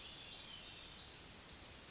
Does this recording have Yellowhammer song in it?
no